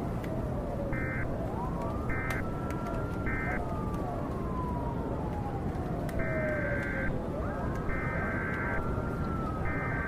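Steady, dense rain hisses throughout, heavy in the low end. A siren wails through it, rising and slowly falling twice, while bursts of beeping tones repeat, short at first and longer after six seconds, with faint speech-like murmur from a TV.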